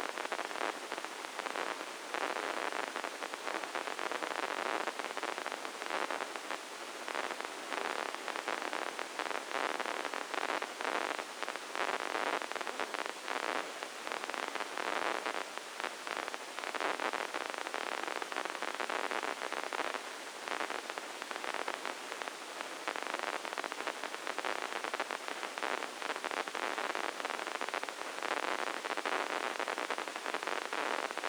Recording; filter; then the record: brain microelectrode recording played as sound; spike band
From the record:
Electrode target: subthalamic nucleus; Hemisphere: left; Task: reaching with the right hand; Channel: 1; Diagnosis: Parkinson's disease